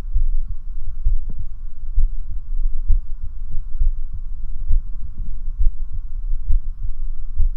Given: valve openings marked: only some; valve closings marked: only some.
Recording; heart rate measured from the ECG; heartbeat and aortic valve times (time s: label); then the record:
heart sounds by stethoscope; 66 bpm
0.17 s: heartbeat (ECG mark)
0.21 s: aortic valve opens (echo mark)
0.49 s: aortic valve closes (echo mark)
1.07 s: heartbeat (ECG mark)
1.12 s: aortic valve opens (echo mark)
1.40 s: aortic valve closes (echo mark)
1.99 s: heartbeat (ECG mark)
2.04 s: aortic valve opens (echo mark)
2.31 s: aortic valve closes (echo mark)
2.91 s: heartbeat (ECG mark)
2.95 s: aortic valve opens (echo mark)
3.23 s: aortic valve closes (echo mark)
3.82 s: heartbeat (ECG mark)
3.87 s: aortic valve opens (echo mark)
4.12 s: aortic valve closes (echo mark)
4.71 s: heartbeat (ECG mark)
4.77 s: aortic valve opens (echo mark)
5.04 s: aortic valve closes (echo mark)
5.62 s: heartbeat (ECG mark)
5.68 s: aortic valve opens (echo mark)
5.94 s: aortic valve closes (echo mark)
6.51 s: heartbeat (ECG mark)
6.56 s: aortic valve opens (echo mark)
6.83 s: aortic valve closes (echo mark)
7.41 s: heartbeat (ECG mark)
From the record:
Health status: healthy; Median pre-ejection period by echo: 52 ms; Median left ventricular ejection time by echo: 274 ms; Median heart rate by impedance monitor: 66 bpm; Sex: male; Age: 40 years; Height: 179 cm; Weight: 76 kg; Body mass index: 23.72